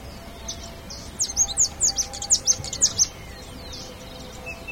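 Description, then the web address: Bird calls: a quick run of sharp, high chirps and downslurred notes packed together for about two seconds, with a faint steady background hum. "BIRD 2015 SABIOD 50 bird 2015"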